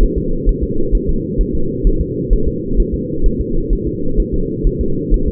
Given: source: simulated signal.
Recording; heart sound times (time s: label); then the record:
fetal heart sounds
0.03 s: S1
0.18 s: S2
0.49 s: S1
0.64 s: S2
0.95 s: S1
1.09 s: S2
1.41 s: S1
1.55 s: S2
1.87 s: S1
2.01 s: S2
2.33 s: S1
2.48 s: S2
2.80 s: S1
2.94 s: S2
3.26 s: S1
3.41 s: S2
3.73 s: S1
3.87 s: S2
4.20 s: S1
4.34 s: S2
4.67 s: S1
4.81 s: S2
5.14 s: S1
5.28 s: S2
From the record:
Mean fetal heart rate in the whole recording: 130 bpm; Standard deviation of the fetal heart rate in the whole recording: 2 bpm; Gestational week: 38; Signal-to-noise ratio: -8.1 dB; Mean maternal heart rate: 72 bpm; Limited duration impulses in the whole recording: absent